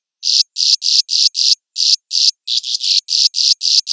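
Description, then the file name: Swiftlet chirping calls: loud, buzzy, high-pitched pulses repeated about four times a second in an uneven run, with brief gaps. "suara burung walet"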